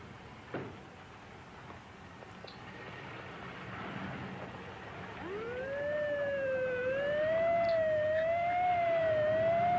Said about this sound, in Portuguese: Que sirene chata dessa ambulância.